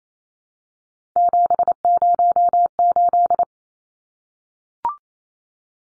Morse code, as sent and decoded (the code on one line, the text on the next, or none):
--... ----- ---..
708